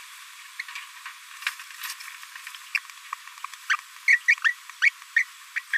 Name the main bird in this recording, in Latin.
Forpus passerinus